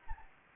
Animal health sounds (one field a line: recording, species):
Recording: mosquito wingbeat signal from an infrared sensor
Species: Anopheles gambiae